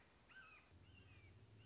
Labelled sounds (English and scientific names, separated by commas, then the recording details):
Red-shouldered Hawk (Buteo lineatus)
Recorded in Sonoma County, California